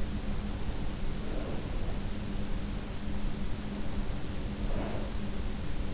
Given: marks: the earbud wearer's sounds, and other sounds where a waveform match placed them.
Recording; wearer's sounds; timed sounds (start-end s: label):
sounds in sleep by an in-ear microphone; breath
1.33-2.15 s: breath
4.55-5.40 s: breath